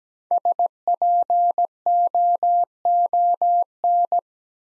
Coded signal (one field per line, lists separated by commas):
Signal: Morse code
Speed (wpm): 17 wpm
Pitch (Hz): 700 Hz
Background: none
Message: SPOON